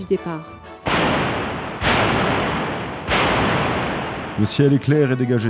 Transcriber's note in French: Voix d’acteur